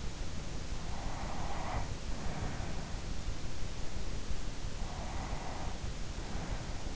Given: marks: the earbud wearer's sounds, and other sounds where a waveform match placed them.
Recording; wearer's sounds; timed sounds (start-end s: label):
sounds in sleep by an in-ear microphone; breath
0.40-3.52 s: breath
4.68-6.96 s: breath